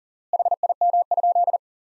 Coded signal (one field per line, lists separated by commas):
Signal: Morse code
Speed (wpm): 37 wpm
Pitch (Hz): 700 Hz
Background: none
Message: HIM?